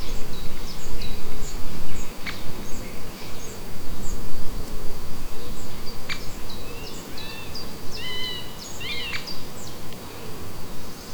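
Gemenc Forest ambience: a steady low rumble with a high insect hiss, scattered sharp clicks, and brief bird chirps clustering around eight to nine seconds.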